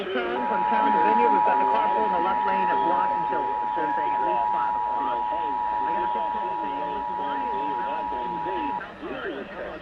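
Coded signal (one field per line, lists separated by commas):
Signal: Emergency Alert System (SAME) tones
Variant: 853 and 960 Hz attention tone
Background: speech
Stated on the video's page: Broadcast radio EAS Required Monthly Test, aired early morning.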